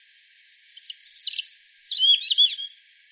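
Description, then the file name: European robin giving a short burst of song, a tumble of high, tinkling notes and a thin trill lasting about two seconds. "Erithacus rubecula"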